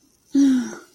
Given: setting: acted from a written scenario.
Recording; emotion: vocal sound without words; guilt